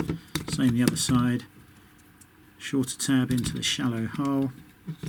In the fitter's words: go in and then push down and click into place same